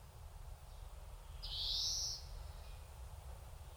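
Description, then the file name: European greenfinch giving a single drawn-out nasal wheeze, about two-thirds of a second long, over a steady low rumble. "Chloris chloris"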